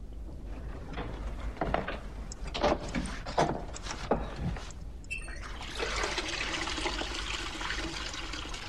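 A few soft knocks and clunks, a brief squeak of a tap handle, then hot water gushes from the tap in a steady, hissing rush that continues to the end.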